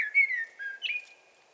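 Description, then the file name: Common blackbird singing brief fluted whistles: a smooth falling note, a lower one, then a rising slurred whistle that trails away. "Turdus merula"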